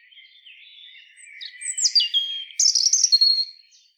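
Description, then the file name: European robin song opening with faint thin notes, then slurred descending notes, ending in a bright, high, rapid twitter and a thin held note. "Erithacus rubecula"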